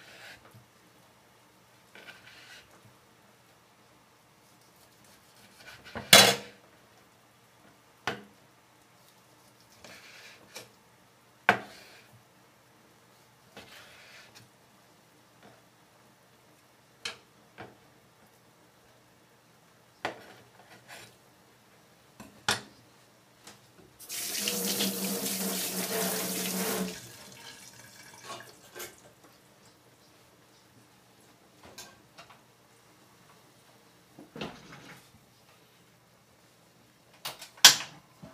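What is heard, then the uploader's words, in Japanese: Making food ahead for packed lunches: scattered clicks and clatters of dishes and utensils break a mostly quiet stretch, with sharp knocks near 6, 11 and 38 seconds. Around 24 to 27 seconds a tap runs in a steady rush of water. 環境音 弁当用につくりおき。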